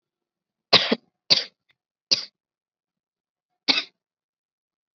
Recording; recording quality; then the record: shallow voluntary cough; excellent, no background noise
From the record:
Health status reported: COVID-19 positive, moderate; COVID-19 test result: positive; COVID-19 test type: rapid antigen test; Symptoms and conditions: cough, fever, fatigue, muscle pain, another condition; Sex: female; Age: 19 years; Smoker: no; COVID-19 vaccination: one dose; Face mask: worn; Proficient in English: no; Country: India